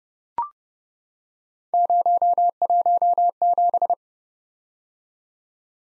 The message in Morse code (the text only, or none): 017